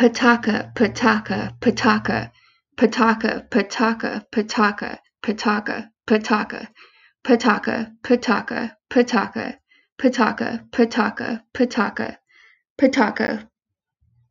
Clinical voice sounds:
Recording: repeated syllables /pa ta ka/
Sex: female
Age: 30 to 39 years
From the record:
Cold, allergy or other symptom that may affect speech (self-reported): no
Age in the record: 35 years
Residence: California, United States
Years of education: 16

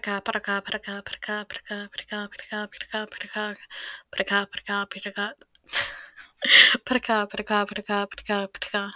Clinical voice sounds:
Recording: repeated syllables /pa ta ka/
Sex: female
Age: 20 to 29 years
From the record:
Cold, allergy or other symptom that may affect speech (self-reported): no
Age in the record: 25 years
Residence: United States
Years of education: 13

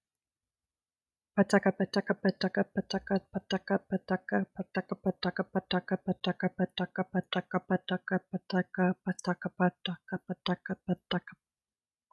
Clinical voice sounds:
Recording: repeated syllables /pa ta ka/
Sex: female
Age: 30 to 39 years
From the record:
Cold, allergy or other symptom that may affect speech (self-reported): no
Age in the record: 35 years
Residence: United States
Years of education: 18

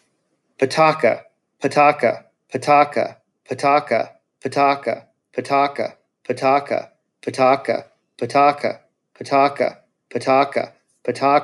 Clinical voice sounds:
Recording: repeated syllables /pa ta ka/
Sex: male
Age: 40 to 49 years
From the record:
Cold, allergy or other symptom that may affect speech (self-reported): no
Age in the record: 42 years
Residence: Pennsylvania, United States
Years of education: 22

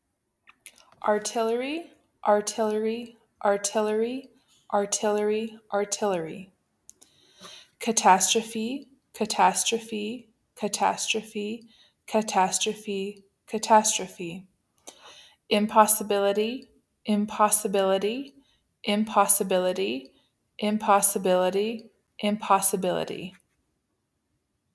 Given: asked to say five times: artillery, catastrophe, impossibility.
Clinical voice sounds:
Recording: three words, each repeated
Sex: female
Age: 30 to 39 years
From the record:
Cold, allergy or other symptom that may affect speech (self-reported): no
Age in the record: 36 years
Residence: Texas, United States

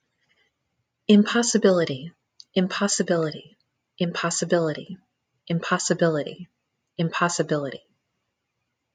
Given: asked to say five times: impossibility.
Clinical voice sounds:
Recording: repeated word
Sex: female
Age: 40 to 49 years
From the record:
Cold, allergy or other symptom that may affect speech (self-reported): no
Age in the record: 40 years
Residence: Arizona, United States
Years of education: 14

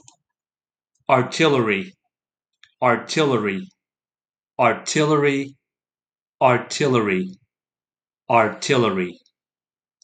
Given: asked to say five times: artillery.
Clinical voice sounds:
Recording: repeated word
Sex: male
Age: 40 to 49 years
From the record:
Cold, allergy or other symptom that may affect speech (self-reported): no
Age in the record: 45 years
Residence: United States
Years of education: 16

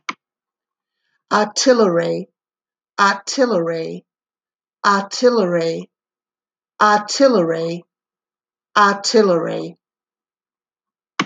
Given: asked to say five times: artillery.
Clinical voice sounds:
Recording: repeated word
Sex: female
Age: 40 to 49 years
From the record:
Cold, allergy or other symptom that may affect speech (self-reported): no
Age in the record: 45 years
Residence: Florida, United States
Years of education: 13

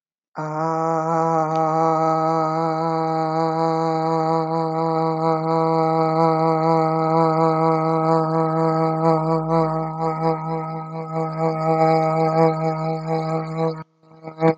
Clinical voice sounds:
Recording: vowel held as long as possible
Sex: female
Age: 40 to 49 years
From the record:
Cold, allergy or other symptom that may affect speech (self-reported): no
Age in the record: 46 years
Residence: Florida, United States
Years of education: 18

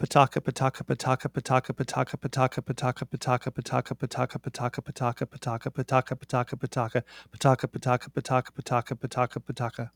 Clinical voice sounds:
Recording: repeated syllables /pa ta ka/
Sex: male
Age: 50 to 59 years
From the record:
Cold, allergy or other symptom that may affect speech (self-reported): no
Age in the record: 50 years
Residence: Oregon, United States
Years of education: 15

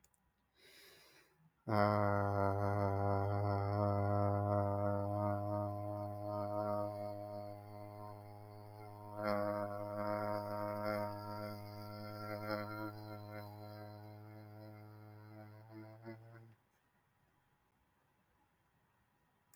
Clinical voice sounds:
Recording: vowel held as long as possible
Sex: male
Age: 30 to 39 years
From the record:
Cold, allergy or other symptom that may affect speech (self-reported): no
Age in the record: 31 years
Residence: California, United States

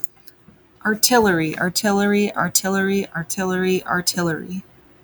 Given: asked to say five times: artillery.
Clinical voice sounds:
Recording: repeated word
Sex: female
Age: 30 to 39 years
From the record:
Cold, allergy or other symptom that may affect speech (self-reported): no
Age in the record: 30 years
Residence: United States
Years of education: 16

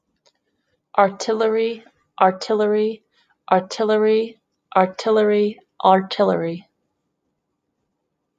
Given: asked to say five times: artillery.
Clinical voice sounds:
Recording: repeated word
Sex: female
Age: 20 to 29 years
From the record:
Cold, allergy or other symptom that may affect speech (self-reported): no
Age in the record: 26 years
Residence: Indiana, United States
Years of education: 16

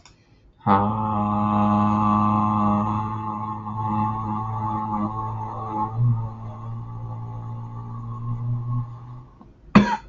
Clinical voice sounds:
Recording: vowel held as long as possible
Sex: male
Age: 20 to 29 years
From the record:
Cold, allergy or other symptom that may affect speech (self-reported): no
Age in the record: 24 years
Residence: Missouri, United States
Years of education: 16

